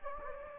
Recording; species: mosquito wingbeat signal from an infrared sensor; Anopheles gambiae